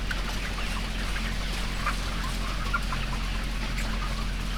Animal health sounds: poultry house recording; healthy chickens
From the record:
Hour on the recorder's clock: 8

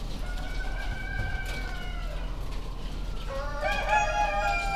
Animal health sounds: poultry house recording; healthy chickens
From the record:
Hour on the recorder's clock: 21

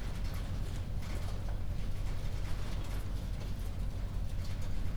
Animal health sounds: poultry house recording; no chicken sound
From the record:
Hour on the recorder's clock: 21

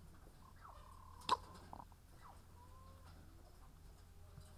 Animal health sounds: poultry house recording; sick chickens (respiratory disease)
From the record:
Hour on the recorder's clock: 14

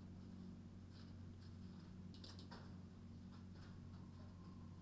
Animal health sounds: poultry house recording; healthy chickens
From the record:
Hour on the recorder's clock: 23

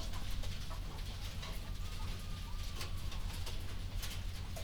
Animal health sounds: poultry house recording; healthy chickens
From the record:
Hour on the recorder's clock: 1

